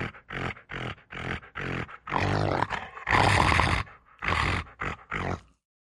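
Rottweiler barking in a loud, deep, irregular series, short barks opening into longer rough growling barks, ending after about five seconds.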